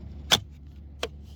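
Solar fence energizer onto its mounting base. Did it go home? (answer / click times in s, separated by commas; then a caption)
no / none. A Premier 1 Solar IntelliShock 180 solar fence energizer unit is being handled and lined up over its mounting base, whose plastic latches are meant to catch under the blue tabs. Two short, sharp knocks sound at about 0.3 s and 1.0 s over a steady low hum. Nothing has seated or snapped into place yet.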